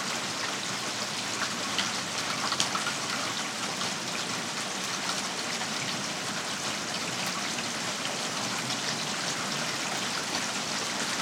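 Heavy rain pours steadily outside a home, a dense, even hiss of countless drops with water rushing through gutters and downspouts. The sound holds constant throughout, with scattered brighter splashes and taps standing out, a few around the two-to-three second mark.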